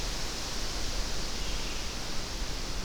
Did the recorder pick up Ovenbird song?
no